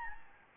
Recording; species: mosquito wingbeat signal from an infrared sensor; Anopheles gambiae